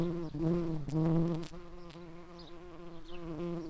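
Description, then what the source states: White-tailed bumblebee buzzing, a steady low hum with rich harmonics that swells louder through the first second and a half, then carries on more softly with slight pitch wobbles. Worker bees.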